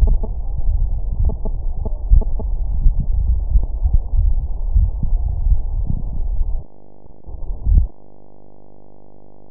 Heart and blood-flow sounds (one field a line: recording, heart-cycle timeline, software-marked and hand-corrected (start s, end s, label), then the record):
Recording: heart sounds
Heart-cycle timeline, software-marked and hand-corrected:
not marked
From the record:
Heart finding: coronary artery disease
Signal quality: poor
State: rest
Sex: male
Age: 57 years